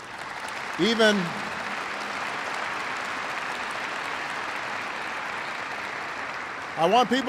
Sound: applause

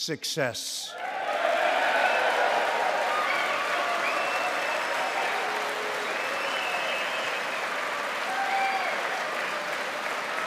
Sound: applause

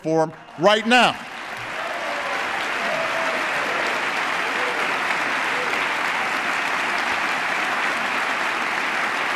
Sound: applause

